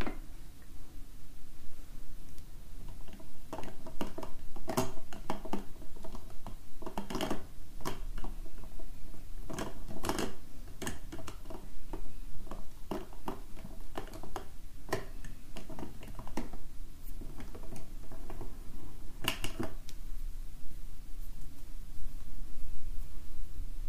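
Markers scratch and tap across paper, with short strokes and dabs coming in irregular bursts. The sharpest clicks cluster around five, seven to ten, and nineteen seconds, over a faint low hum that stays steady throughout.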